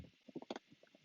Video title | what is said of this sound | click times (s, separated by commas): IG36 2020 Mercedes-Benz SLC300 "A Service" Walkthrough | this locks into place and we put our | 0.5 s